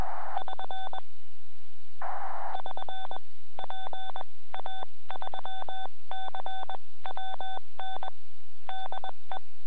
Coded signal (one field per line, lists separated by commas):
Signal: Morse code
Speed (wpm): 21 wpm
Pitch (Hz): 3500 Hz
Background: none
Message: <SN> <SN> PA3CWN DE